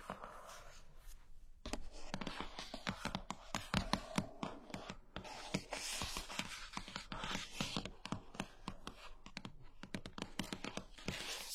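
Rapid tapping and knocking, a dense run of sharp, bright clicks that starts after a quieter opening of about a second and a half. The taps come irregularly, sometimes in quick clusters, much like keys being struck, with a steady low hiss underneath.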